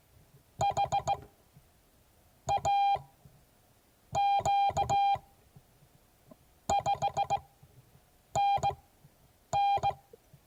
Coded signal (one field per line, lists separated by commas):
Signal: Morse code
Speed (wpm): 18 wpm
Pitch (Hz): 800 Hz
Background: none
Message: HAQ 5NN